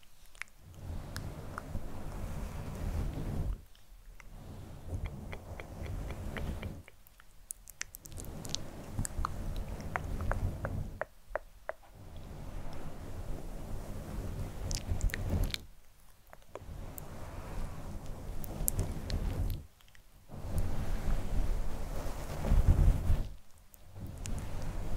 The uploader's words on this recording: ASMR SoftGentle Fluffy Mic Touching, Scratching, Plucking.